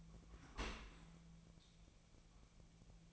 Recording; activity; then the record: daily activity, microphone in the room; open dishwasher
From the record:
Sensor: 1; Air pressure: 1000.5 hPa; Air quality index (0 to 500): 183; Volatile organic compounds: 4 ppm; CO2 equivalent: 1683 ppm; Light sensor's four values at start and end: 12/29/12/14 and 12/29/12/14